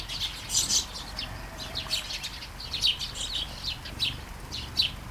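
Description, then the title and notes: Sparrows twittering, a few sharp chirps standing out among softer overlapping tweets, spaced irregularly throughout over low steady hiss. Flying sparrows in a garden in Taastrup, Denmark, early morning during a light shower; recorded on a Sony PCM-D100 with internal microphones. "Kærengen 8, 2630 Taastrup, Denmark - Flying sparrows. Flying sparrows in the garden, early morning. Light shower. Vols de moineaux dans le jardin, au petit matin. Pluie fine"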